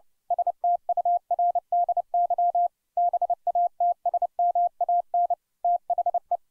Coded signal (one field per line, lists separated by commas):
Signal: Morse code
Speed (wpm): 30 wpm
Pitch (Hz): 700 Hz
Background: none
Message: STURDY BATSMAN THE